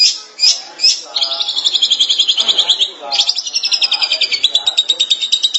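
Long-tailed Shrike song: a few separate sharp notes, then a sustained buzzy trill and another fast chattering run of high notes.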